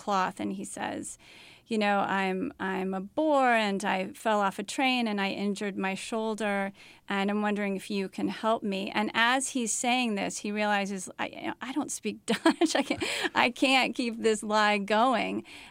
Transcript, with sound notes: And he says, you know, I'm a Boer, and I fell off a train and I injured my shoulder, and I'm wondering if you can help me.
And as he's saying this, he realizes I don't speak Dutch (laughter). I can't keep this lie going.